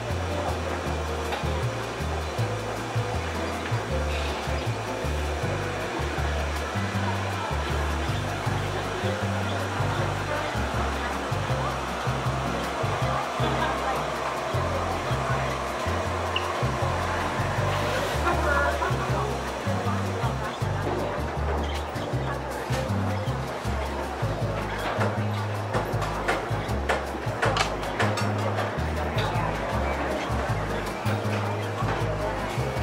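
Seaside cafe ambience with a steady wash of ocean-like rushing, low rumble and murmured voices throughout, with sharper clinks and clatter after twenty seconds.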